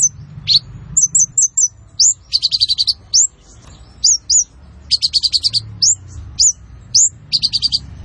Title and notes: MASTERAN KOLIBRI NINJA FULL ISIAN DAN TEMBAKAN COCOK BUAT PANCINGAN. Suara Burung Kolibri Ninja Gacor